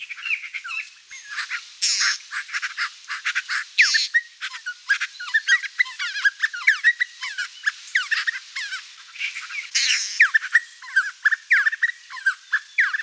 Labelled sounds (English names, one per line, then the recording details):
Rufous-naped Wren song
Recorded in the wild
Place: La Pacifica, San José, Umgebung Hotel, CR
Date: 1992-04-15
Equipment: Dat-Recorder Casio DA 7, Telinga DAT, Telinga-Parabolspiegel
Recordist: Schwarz, Dieter
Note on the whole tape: Song